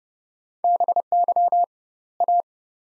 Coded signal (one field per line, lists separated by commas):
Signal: Morse code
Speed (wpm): 30 wpm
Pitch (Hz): 700 Hz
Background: none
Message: BY A